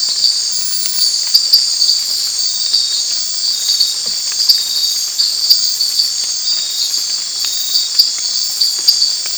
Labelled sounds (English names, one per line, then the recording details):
none
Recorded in dense forest near Puerto Asís, Putumayo, Colombia, on 19 March 2025 at 22:30
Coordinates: 0.484, -76.317
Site G064